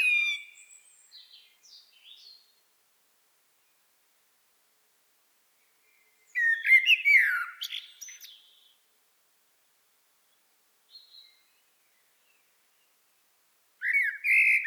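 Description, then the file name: Common blackbird singing in separate phrases of rich whistled warbles and high squeaky twitters, with long silent pauses between. "Turdus merula"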